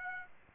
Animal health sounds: mosquito wingbeat signal from an infrared sensor; Aedes aegypti

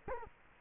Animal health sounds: mosquito wingbeat signal from an infrared sensor; Culex quinquefasciatus

